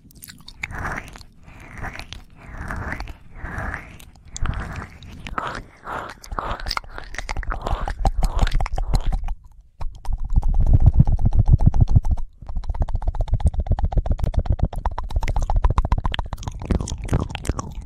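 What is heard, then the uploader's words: Wet ear licking fills the clip with rapid smacking and slurping, the tongue sounds crowding together into a dense, nearly continuous run. The first half comes in rhythmic bursts about once a second, then grows louder and steadier after the ten-second mark, with low muffled rumbles underneath. Ear licking (ASMR FURRY).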